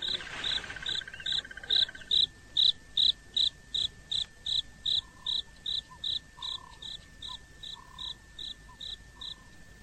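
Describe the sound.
Beetle mating call: a steady series of short, high, dry pulses repeated about two and a half times a second, fading slightly toward the end.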